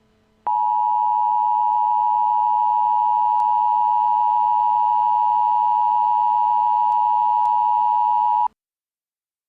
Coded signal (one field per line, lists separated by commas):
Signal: Emergency Alert System (SAME) tones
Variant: 853 and 960 Hz attention tone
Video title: Greater Cincinnati Northern Kentucky EAS Nuclear Attack Warning